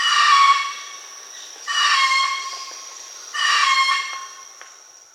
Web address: Natures Songs S America Birds of the Amazon Red-throated Caracara (Ibycter americanus), Peru